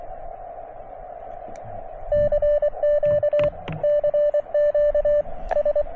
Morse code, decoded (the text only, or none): CQ CQ S